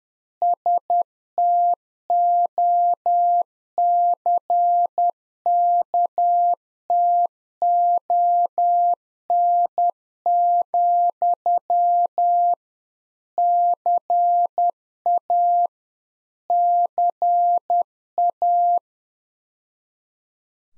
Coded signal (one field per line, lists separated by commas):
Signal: Morse code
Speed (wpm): 10 wpm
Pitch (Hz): 700 Hz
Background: none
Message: STOCKTON, CA CA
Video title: Practice QSO - Exchange 1- Beginning - 10wpm